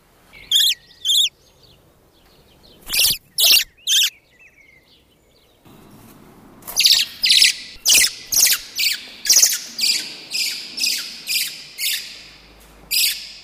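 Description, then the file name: Eurasian blackbird calls: sharp harsh chacks, a few scattered, then a long rapid series of loud clicking notes, with faint background rumble. "Turdus merula"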